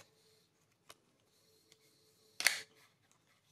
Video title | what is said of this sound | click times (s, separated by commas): Unloading SLR Film Camera Rewinding on Nikon FG-20 How To | listen for it that clicks it's done now it spins really freely | 2.4 s, 2.5 s